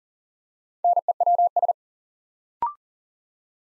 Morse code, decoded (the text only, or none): NEWS